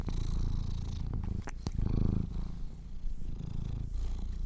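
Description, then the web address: Domestic cat purr, low buzzy rumble with two quick sharp clicks early on, then continued breathy purring. Kittens purring. "sleepandrelaxasmr. The Purring Kittens"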